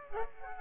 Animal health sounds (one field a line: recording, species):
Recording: mosquito wingbeat signal from an infrared sensor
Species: Aedes aegypti